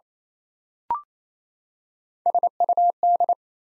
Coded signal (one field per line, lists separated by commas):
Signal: Morse code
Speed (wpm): 27 wpm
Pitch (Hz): 700 Hz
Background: none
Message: SUD